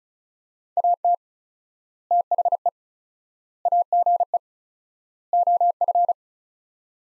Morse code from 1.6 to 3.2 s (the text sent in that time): THE